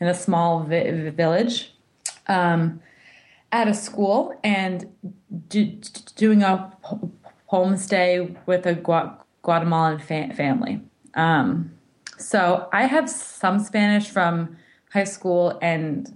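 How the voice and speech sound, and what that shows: An adult who stutters speaks in a quiet room with stretched and repeated opening sounds on several words ('v-village', 'd-doing', 'f-family'), plus drawn-out syllables and filled 'um' pauses. These prolongations and part-word repetitions are typical of stuttering, a disorder of speech fluency.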